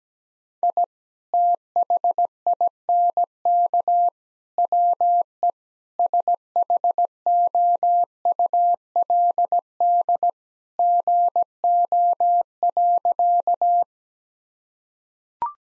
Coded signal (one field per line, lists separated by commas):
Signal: Morse code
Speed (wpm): 17 wpm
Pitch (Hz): 700 Hz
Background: none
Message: I THINK WE SHOULD GO.